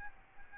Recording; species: mosquito wingbeat signal from an infrared sensor; Aedes albopictus